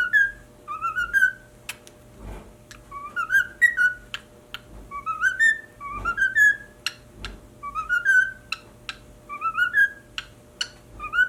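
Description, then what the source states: Cockatiel whistling short rising, warbling phrases in repeated bursts with brief pauses, punctuated by sharp clicks and low thumps. Pied cockatiel.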